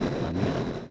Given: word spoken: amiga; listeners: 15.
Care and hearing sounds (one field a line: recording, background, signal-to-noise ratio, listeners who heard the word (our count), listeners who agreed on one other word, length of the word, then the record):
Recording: one Spanish word in noise, from a listening test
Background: noise modulated by three-talker babble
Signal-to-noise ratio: -3.7 dB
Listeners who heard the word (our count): 0 of 15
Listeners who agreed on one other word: 10 of 15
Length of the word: 0.51 s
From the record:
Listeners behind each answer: 10, 2, 1, 1, 1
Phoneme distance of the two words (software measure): 10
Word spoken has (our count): 3 syllables, 5 phonemes, stress on syllable 2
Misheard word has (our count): 3 syllables, 5 phonemes, stress on syllable 2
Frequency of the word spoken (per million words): 31.52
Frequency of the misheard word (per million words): 125.69